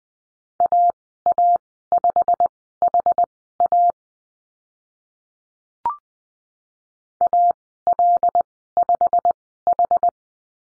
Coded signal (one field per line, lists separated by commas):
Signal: Morse code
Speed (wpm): 20 wpm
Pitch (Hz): 700 Hz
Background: none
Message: AA5HA AL5H